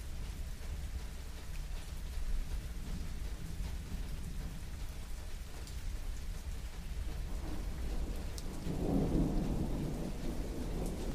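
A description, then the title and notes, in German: Steady rain hisses through the whole recording, a dense, even patter with scattered brighter drop hits. A low thunder rumble rolls underneath throughout and swells into a deeper, heavier roll around the ninth second before easing off again. Meditation Einschlafen mit Regen & Donner. Regen und Donner.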